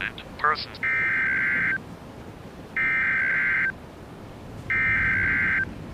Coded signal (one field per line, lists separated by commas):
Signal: Emergency Alert System (SAME) tones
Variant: header bursts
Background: speech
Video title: EAS MOCK- Portland Disaster